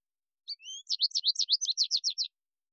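American goldfinch song: a quick phrase that opens with thin notes, then a rapid run of many high, slurred, twittering notes.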